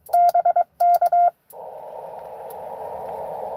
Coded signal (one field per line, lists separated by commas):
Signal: Morse code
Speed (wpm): 23 wpm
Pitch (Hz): 700 Hz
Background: none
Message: BK